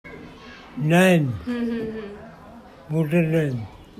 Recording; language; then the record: elicited speech; Bengali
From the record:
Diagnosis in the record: Broca's or global aphasia after a stroke